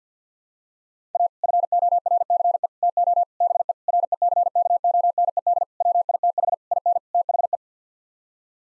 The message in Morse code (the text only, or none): A FORCE TO BE RECKONED WITH IN THE